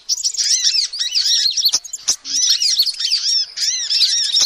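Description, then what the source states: Lovebird chattering: rapid shrill squeaks and curved chirps in dense bursts, broken by a pair of sharp clicks. Recording used as a lure to trap birds.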